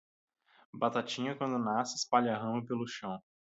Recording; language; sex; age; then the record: short text; Brazilian Portuguese; male; 20 to 29 years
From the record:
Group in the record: control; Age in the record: 26 years